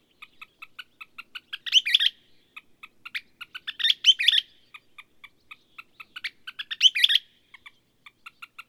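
Repeated bird song, even ticking notes leading three times into loud, rapid bursts of high, tumbling chirps, the phrase recurring every few seconds.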